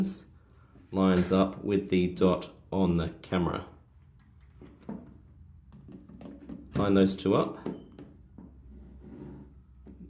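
An interchangeable lens is handled at a camera body mount, its dot being lined up with the dot on the camera before it is twisted home, while someone talks. Soft handling knocks and taps are heard between the speech. The lens has not seated or clicked into place yet.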